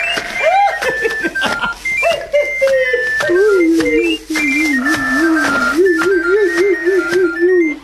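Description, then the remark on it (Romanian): A Romanian fluier (shepherd's whistle flute), played by Dragomir so that Baba Dochia can dance, plays a lively, ornamented folk tune. Its reedy melody bends and trills quickly through rising and falling phrases, loud and unbroken throughout. “Hai ia fluierul, hai cântă odată.”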